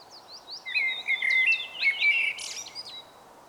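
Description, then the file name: Common blackbird with soft high notes leading into a fluty, wavering warble, closing in a scratchy, high-pitched twitter. "Turdus merula"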